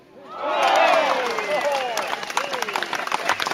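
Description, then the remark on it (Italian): A canned applause sound effect played on air during a radio programme: crowd applause swells in quickly, with whoops and cheering voices over steady clapping, then thins into looser, scattered claps toward the end. “Me l'ha pescato un po' moscio l'applauso,”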